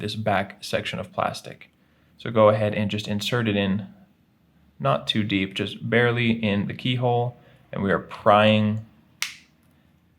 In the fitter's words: just adding applying some pressure until you hear that first little click now that you've heard that sound you're going to see